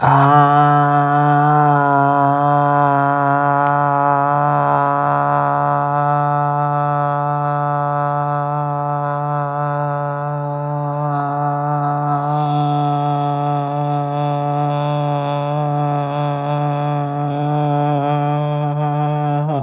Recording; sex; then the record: sustained vowel /a/; male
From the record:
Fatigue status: no fatigue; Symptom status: asymptomatic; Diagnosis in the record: COVID-19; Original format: m4a